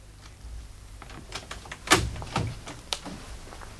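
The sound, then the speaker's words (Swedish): A series of metallic clicks and clacks, with one sharp loud snap near the middle, like a lock being turned and a door latch opening, followed by a few softer knocks. “Var snäll och öppna dörren.”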